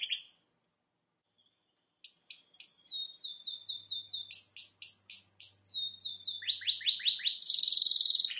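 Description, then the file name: Canary song: a brief buzz, a pause, then crisp repeated chips and slurred notes, ending in a loud buzzing trill. "Canary Voice"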